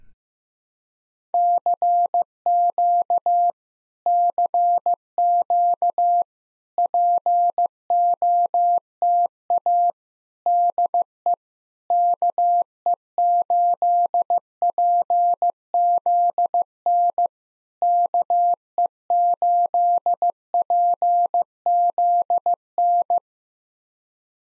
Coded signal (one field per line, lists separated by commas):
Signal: Morse code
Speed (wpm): 15 wpm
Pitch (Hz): 700 Hz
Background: none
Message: CQ CQ POTA DE KE8PZN KE8PZN